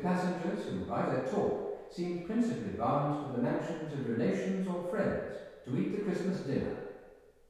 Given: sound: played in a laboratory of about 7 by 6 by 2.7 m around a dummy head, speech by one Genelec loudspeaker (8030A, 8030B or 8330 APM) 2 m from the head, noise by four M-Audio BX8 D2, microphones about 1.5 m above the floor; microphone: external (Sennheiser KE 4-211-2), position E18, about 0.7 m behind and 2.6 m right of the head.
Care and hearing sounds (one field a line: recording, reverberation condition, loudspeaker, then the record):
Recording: male speech in English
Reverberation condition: high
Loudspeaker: 60 degrees to the right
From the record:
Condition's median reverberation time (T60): about 1300 ms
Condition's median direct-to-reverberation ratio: about -4.0 dB